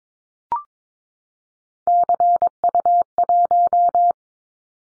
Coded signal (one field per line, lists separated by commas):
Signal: Morse code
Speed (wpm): 22 wpm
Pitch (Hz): 700 Hz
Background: none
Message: CU1